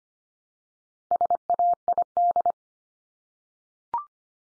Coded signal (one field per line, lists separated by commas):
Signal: Morse code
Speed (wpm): 25 wpm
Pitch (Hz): 700 Hz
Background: none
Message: SAID